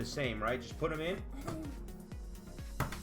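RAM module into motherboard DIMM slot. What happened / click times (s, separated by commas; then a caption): The memory module latched into its slot / 2.8 s. A second RAM module is pressed down into a motherboard DIMM slot until its side latches click shut, leaving it seated. Someone talks over music during the first half, then a few small handling taps follow before the sharp latch click at 2.8 s.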